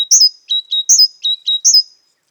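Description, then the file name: Great tit calling: a high downslurred whistle followed by two short lower notes, the phrase given twice in quick succession and ending with a third high whistle alone, with no other sounds. "Parus major"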